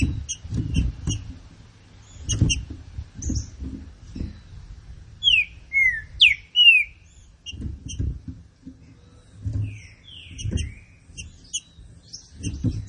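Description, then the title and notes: Green-winged saltator singing a burst of clear, down-slurred whistled notes, with scattered high ticks and repeated low thuds around the phrase. Classic song style (canto clássico) of the trinca-ferro, presented as a song for training. "Canto Clássico Trinca Ferro TREINAMENTO. trinca fero"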